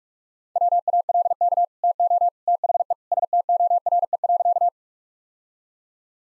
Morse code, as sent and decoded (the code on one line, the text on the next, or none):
.-- .- .-.. -.- / - --- / - .... . / ... - --- .-. . .-.-.-
WALK TO THE STORE.